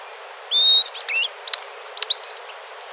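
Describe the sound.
Bird calls: thin, drawn-out whistles with brief, sharp notes between them, over a faint, steady hiss.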